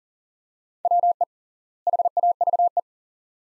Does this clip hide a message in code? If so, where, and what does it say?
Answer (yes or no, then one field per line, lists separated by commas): yes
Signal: Morse code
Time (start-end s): 0.9-2.8 s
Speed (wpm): 40 wpm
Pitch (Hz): 700 Hz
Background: none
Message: WE HAVE